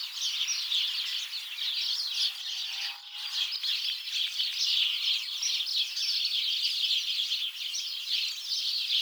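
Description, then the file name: House sparrow flock in steady chatter, countless short chirps overlapping without pause, the din dipping briefly near the three-second mark before resuming at full strength. "Passer domesticus"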